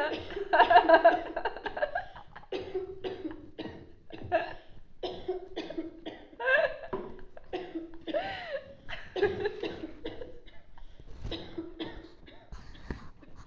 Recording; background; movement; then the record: laughter; a bystander coughing; sitting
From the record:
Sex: female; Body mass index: 18.3 kg/m2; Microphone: on the chest, facing outward